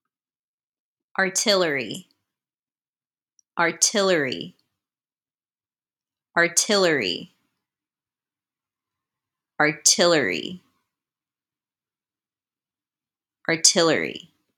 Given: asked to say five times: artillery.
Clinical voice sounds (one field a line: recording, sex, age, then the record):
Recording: repeated word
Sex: female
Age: 30 to 39 years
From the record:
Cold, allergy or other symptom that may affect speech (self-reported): no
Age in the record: 32 years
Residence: New York, United States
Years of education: 17